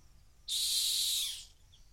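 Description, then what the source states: Rock hyrax giving a lone shrill, breathy screech about a second long, sharp onset and gradual fade, over faint background hiss. Calling from the edge of a gorge in the Masai Mara.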